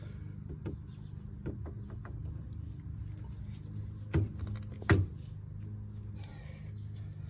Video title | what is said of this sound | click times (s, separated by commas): Super Atv RZR 900 To RZR S 900 Conversion | Super easy. Give it a tug, make sure it locked into place, | 4.9 s